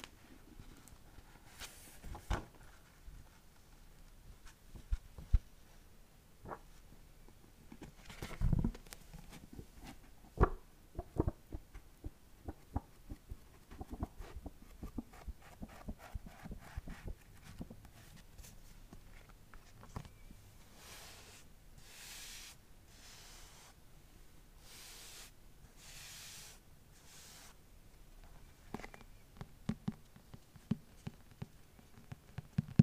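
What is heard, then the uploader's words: Fingers tap on a book cover and pages are flipped. Sharp, irregular taps come in bursts throughout, and from about 20 seconds bright, swishing page turns follow each other every second or two. All about books, tapping and page flipping (no talking). I will tap on the book cover and flip through the pages.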